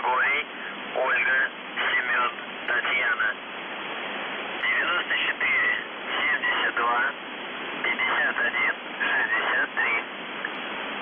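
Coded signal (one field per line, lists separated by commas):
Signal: numbers station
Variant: UVB-76, Russian voice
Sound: a distorted voice reading short words through steady radio hiss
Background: radio static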